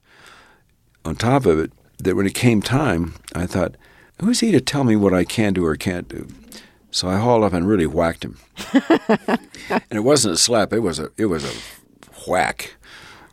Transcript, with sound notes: on top of it that when it came time, I thought, who is he to tell me what I can do or can't do? So I hauled up and really whacked him.
(Laughter).
And it wasn't a slap. It was a whack.